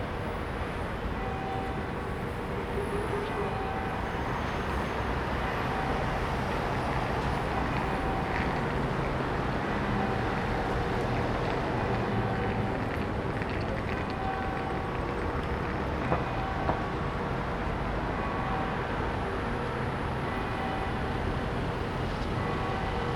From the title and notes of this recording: Captured in Parliament Square, London. Daylight is just breaking and the roads around Parliament are beginning to get busy with traffic.